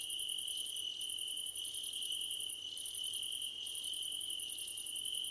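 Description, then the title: Shrill cricket chirping. A steady trill holds throughout while a very high pulsed trill runs in bursts with short breaks, with weaker tones in between. Crickets calling at night under a starlit sky. "Nighttime Ambience with Crickets"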